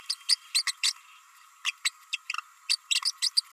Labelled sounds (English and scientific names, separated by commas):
Green-rumped Parrotlet (Forpus passerinus) babbling